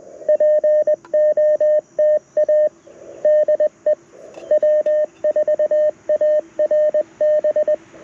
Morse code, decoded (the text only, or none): POTA DE W4ARB